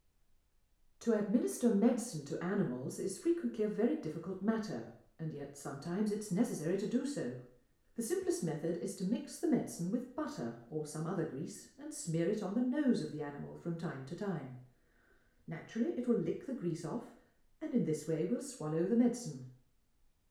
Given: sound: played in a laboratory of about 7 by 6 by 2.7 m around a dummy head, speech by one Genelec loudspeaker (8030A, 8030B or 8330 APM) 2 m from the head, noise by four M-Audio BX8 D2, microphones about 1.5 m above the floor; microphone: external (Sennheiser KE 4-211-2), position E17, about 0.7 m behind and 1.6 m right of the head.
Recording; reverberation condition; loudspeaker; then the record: female speech in English; medium; 150 degrees to the right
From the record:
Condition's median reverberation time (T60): about 510 ms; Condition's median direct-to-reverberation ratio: about -0.5 dB